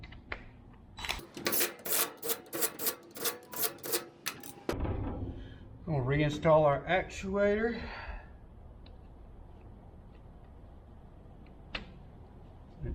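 A 4WD differential actuator, sealed by an o-ring, is pushed back into its differential housing. A run of rapid, regular clacks is heard from about 1.1 to 4.3 s, then someone talks, followed by a quiet stretch. A single sharp click at 11.8 s marks the actuator popping in and seating.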